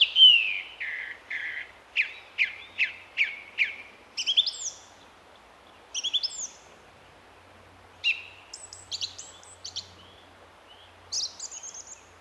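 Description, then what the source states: Song thrush song: one sharp note repeated several times at a steady beat, followed by paired high phrases and scratchy twittering, separated by short pauses. Recorded in April a couple of years ago; an example of the song thrush repeating its phrases.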